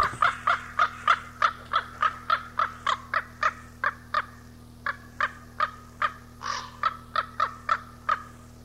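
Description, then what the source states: Common raven calls: a steady train of short, hoarse notes, several per second, briefly broken by a pause and one rougher squawk. Recorded 18 April 1994.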